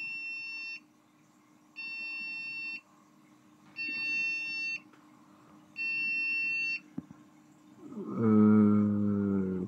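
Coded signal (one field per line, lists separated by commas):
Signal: beep code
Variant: AMD BIOS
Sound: repeated one-second high beeps, four heard, evenly spaced, then a low droning tone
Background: room noise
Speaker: Evet arkadaşlar, baktım videoya geri alıp ve 6 kere bip sesi geldi. 6 kere bip sesi geldiğinde genellikle bir BIOS'un pilin göstergesidir.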